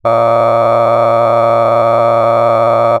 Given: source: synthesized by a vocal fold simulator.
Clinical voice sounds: sustained vowel; male; cycle-to-cycle stiffness perturbation (roughness), level 10 of 10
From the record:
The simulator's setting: 6.37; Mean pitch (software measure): 115 Hz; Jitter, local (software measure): 3.14%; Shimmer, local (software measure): 11.2%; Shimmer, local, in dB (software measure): 0.89 dB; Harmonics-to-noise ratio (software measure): 10.4 dB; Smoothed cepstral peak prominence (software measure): 16.9 dB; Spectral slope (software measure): -16.8 dB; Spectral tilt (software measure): -12.2 dB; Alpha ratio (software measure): -7.3 dB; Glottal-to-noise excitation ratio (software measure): 0.991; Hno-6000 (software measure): 2.5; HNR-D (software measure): 20.0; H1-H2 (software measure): 5.2 dB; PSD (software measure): 2.2e-04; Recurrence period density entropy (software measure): 0.104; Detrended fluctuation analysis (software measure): 0.0557

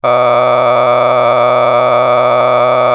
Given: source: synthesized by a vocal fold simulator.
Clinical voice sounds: sustained vowel; male; a random mix of aspiration noise, stiffness perturbation and strain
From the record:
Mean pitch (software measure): 103 Hz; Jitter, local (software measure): 3.43%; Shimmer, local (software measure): 12.7%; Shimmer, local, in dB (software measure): 0.99 dB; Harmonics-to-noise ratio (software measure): 8.6 dB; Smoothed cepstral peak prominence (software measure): 15.5 dB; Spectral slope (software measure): -14.3 dB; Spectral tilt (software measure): -10.9 dB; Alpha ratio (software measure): -4.7 dB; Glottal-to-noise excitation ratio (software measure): 0.988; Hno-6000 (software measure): 2.0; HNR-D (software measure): 21.1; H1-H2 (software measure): 1.8 dB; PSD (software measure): 2.9e-04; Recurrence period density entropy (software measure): 0.116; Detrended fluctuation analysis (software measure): 0.0332

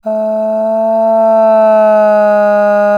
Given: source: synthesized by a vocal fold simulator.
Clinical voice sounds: sustained vowel; female; asymmetry, level 7 of 51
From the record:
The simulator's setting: 1.60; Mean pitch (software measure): 216 Hz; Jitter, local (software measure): 0.26%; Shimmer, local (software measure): 1.3%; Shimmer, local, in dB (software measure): 0.13 dB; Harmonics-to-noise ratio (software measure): 32.1 dB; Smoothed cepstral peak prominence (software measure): 16.4 dB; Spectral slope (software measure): -25.8 dB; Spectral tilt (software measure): -10.5 dB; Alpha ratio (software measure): -16.2 dB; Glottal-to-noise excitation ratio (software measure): 0.934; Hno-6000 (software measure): 2.5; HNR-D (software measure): 37.0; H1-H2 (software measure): 6.1 dB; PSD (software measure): 1.3e-04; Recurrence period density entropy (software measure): 0.121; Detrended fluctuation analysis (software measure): 0.0248

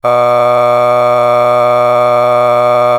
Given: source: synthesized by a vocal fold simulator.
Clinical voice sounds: sustained vowel; male; a random mix of aspiration noise, stiffness perturbation and strain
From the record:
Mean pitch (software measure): 122 Hz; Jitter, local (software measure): 0.86%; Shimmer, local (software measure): 4.1%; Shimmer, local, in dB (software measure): 0.35 dB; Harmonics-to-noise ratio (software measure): 17.8 dB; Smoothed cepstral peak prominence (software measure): 18.2 dB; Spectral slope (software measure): -15.5 dB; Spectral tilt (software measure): -10.0 dB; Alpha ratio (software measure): -5.9 dB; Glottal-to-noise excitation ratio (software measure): 0.964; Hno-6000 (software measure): 2.1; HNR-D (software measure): 27.6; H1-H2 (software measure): 2.3 dB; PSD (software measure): 7.4e-05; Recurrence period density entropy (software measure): 0.111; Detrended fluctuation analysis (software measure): 0.0324

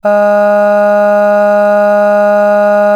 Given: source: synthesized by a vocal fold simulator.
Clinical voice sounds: sustained vowel; female; aspiration noise (breathiness), level 4 of 10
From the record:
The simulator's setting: 0.61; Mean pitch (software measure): 206 Hz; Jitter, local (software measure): 0.27%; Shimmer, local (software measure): 2.4%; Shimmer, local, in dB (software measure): 0.21 dB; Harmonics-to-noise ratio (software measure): 26.9 dB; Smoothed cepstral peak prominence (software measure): 17.1 dB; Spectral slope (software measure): -21.9 dB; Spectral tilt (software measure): -8.0 dB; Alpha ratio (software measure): -12.4 dB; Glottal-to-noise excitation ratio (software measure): 0.950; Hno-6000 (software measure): 2.2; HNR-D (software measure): 40.0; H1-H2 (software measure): 9.5 dB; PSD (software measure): 1.6e-05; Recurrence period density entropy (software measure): 0.125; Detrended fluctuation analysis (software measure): 0.0274

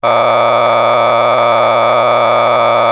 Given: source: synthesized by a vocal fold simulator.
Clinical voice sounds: sustained vowel; male; a random mix of aspiration noise, stiffness perturbation and strain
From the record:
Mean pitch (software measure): 118 Hz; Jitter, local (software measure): 4.44%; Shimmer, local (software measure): 8.1%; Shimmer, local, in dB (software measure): 0.60 dB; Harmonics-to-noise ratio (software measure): 5.6 dB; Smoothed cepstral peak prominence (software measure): 12.5 dB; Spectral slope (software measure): -12.7 dB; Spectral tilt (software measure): -10.5 dB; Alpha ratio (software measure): -3.2 dB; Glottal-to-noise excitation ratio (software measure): 0.975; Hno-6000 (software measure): 1.9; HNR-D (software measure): 18.2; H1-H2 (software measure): 1.8 dB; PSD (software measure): 3.7e-04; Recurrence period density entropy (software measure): 0.127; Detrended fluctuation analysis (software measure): 0.0310

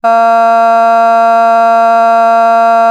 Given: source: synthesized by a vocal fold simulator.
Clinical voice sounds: sustained vowel; female; vocal strain, level 4 of 10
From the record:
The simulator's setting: 0.33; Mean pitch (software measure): 229 Hz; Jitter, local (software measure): 0.24%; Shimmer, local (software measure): 0.9%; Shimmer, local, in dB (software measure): 0.08 dB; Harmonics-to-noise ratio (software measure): 33.0 dB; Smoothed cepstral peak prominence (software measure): 21.0 dB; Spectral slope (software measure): -18.5 dB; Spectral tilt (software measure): -8.1 dB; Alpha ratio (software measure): -9.0 dB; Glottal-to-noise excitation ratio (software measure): 0.992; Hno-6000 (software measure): 2.1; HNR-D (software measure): 48.1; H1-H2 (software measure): 2.3 dB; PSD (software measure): 1.3e-05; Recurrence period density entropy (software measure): 0.132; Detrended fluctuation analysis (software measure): 0.0111

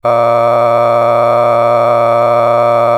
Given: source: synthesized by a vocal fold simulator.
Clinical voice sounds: sustained vowel; male; a random mix of aspiration noise, stiffness perturbation and strain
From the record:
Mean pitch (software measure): 118 Hz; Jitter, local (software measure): 2.39%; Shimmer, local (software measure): 7.5%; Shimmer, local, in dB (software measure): 0.66 dB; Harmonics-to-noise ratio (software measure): 11.6 dB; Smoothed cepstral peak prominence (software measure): 15.9 dB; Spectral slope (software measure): -16.7 dB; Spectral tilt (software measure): -11.4 dB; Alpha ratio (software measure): -7.1 dB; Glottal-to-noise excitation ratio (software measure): 0.973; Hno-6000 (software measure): 2.2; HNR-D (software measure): 23.8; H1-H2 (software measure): 4.3 dB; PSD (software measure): 1.6e-04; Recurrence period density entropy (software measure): 0.107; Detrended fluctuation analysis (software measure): 0.0447

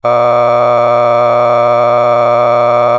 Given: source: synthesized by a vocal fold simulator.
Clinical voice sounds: sustained vowel; male; a random mix of aspiration noise, stiffness perturbation and strain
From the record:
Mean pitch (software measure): 120 Hz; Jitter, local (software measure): 1.89%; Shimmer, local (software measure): 4.4%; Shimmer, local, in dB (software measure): 0.41 dB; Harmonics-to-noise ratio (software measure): 13.5 dB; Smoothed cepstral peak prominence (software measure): 16.4 dB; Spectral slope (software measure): -16.1 dB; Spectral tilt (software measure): -11.0 dB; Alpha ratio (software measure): -6.6 dB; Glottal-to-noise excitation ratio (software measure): 0.964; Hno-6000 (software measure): 2.2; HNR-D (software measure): 24.9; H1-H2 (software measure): 3.8 dB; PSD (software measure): 1.4e-04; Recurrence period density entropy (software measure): 0.110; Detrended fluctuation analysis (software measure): 0.0378

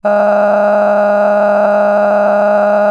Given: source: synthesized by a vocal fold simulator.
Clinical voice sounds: sustained vowel; female; cycle-to-cycle stiffness perturbation (roughness), level 9 of 10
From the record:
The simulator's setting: 5.86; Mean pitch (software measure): 206 Hz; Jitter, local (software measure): 2.72%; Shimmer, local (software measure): 17.8%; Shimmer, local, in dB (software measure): 1.56 dB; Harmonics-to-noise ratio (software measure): 11.4 dB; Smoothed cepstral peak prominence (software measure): 13.9 dB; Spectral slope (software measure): -21.8 dB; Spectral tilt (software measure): -11.9 dB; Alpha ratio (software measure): -12.2 dB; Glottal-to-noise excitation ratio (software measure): 0.941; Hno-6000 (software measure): 2.4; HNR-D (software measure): 30.2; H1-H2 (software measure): 3.0 dB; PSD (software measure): 1.1e-04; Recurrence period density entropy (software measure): 0.114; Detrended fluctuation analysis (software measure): 0.0290

